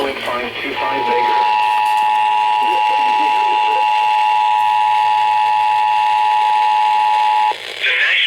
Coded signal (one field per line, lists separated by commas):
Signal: Emergency Alert System (SAME) tones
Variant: 853 and 960 Hz attention tone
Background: speech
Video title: DURING SONOMA... EAS Alerts from 6/6/21 (EAS #5,788 - 5,790)